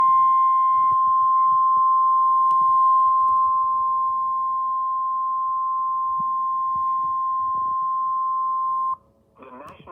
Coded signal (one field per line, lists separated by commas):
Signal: Emergency Alert System (SAME) tones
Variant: 1050 Hz attention tone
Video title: EAS 6 SVR